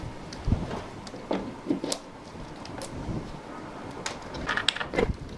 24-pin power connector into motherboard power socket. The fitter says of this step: You should hear a click as this clip snaps into place.